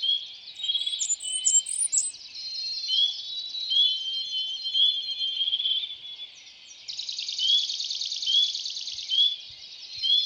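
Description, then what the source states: Spring peeper calls: short rising peeps repeated roughly every second, joined by a fast buzzy bird trill midway and scattered chirps from other birds. Wild frog heard again during a walk in Voyageurs National Park.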